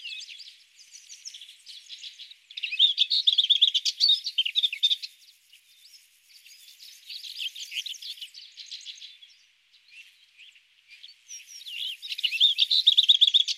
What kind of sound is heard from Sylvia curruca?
song